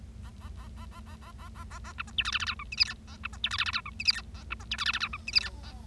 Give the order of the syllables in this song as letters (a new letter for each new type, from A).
A A A A A A A A A A A B C D E F F G H I J K A B C D E F F G H I J K A B C D E F F G H I J K A